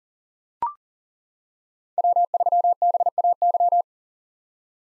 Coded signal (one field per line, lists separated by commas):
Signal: Morse code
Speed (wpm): 38 wpm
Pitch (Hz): 700 Hz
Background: none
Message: W3BAY